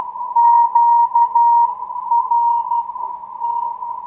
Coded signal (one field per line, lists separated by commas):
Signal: Morse code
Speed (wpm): 12 wpm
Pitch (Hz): 940 Hz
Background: none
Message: QRT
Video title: QRPP (less than 1 watt) QSO with some QRM